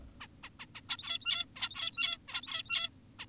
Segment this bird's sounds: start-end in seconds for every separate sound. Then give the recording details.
0.21-0.27, 0.44-0.50, 0.60-0.66, 0.75-0.81, 0.89-1.46, 1.56-2.18, 2.28-2.90, 3.19-3.26. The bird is an adult. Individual g17y2U